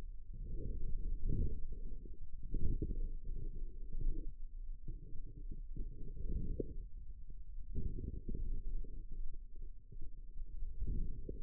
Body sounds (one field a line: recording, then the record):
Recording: forearm muscle sounds (acoustic myography)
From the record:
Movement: wrist flexion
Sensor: system 2, bracelet of six BSWA MPA416 microphones around the upper forearm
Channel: 4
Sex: female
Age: 25 years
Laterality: right